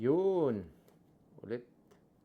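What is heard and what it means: A snap lock closure on a rolled silicone soap pouch is being handled, and someone talks briefly in two short bursts. The clip ends before the pouch closure snaps shut, so nothing has seated or clicked yet.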